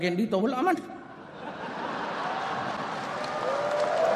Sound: laughter